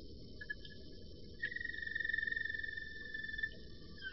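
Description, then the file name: Roller canary song: a long rolling note held at a steady pitch, with a faint higher tone above and a soft hiss throughout. "kenari-roller -omkicau"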